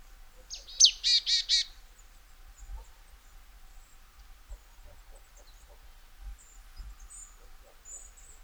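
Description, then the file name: Marsh tit call: a quick run of four harsh, buzzy notes early on, followed by quiet with faint low thumps. "Poecile palustris"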